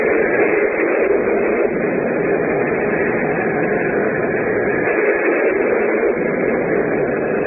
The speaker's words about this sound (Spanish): El cielo se iluminaba con relámpagos cegadores y la lluvia azotaba la selva con viento huracanado.